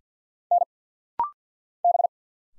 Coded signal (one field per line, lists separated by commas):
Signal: Morse code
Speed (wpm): 50 wpm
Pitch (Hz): 700 Hz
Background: none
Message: N B